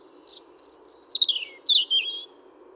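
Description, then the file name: European robin song: a cascade of high twittering notes sliding downward, then a second short phrase of falling whistles. "Erithacus rubecula"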